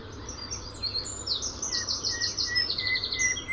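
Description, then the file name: Common nightingale: songbird giving high trilled phrases and short whistled notes, fairly soft against a steady background hiss. "Luscinia megarhynchos"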